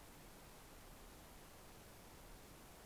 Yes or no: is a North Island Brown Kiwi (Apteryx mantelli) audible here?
no